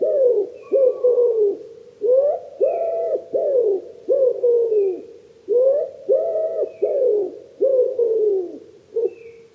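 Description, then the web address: Common wood pigeon cooing loudly in repeated phrases of soft, throaty hoots. "cianscape. Deverinetal 2025. Bird Only"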